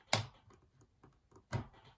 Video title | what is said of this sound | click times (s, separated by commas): IPhone 5c Screen Replacement | Hear that click? Perfect. | 0.1 s